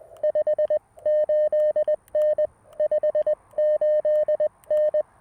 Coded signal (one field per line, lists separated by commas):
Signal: Morse code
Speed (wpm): 20 wpm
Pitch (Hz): 610 Hz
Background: none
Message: 58N 58N